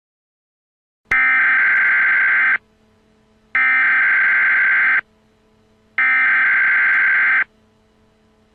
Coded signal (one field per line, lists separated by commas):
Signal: Emergency Alert System (SAME) tones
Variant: header bursts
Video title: Nuclear bomb eas fake prank free to use